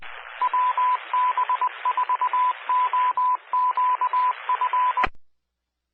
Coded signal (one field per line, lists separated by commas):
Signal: Morse code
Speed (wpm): 20 wpm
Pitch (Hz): 1000 Hz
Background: radio noise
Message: WB4OQF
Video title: 2022-03-30 - WA5HC 146.4400 MHz Repeater